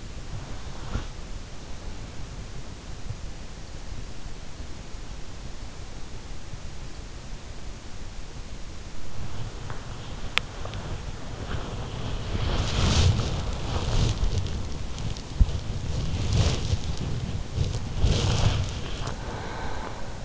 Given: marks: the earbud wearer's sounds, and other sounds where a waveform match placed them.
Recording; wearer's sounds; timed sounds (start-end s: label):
sounds in sleep by an in-ear microphone; breath, teeth grinding, body movement
0.00-1.42 s: breath
9.49-10.96 s: teeth grinding
10.68-20.25 s: body movement
18.99-20.25 s: breath